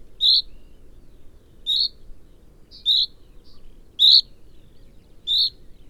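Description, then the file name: Common chaffinch repeating a crisp, high single-note call five times, a little over a second apart, with a light low hum in the background. "Fringilla coelebs"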